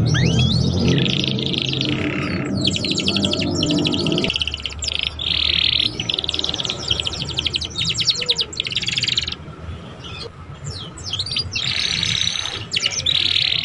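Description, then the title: Belgian canary song with long rattling trills and chirpy notes in steady fast phrases; a low hum sits beneath the first few seconds. Belgian canary song played to warm up young canaries and stimulate them to start singing and chirping quickly. "Canto Para Esquentar Canário Belga. SUARA KENARI PAUD CUIT CUIT BELAJAR BUNYI - pancingan kenari paud muda agar cepat bunyi dan ngeriwik"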